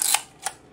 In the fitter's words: now the next noise will be the click as it releases the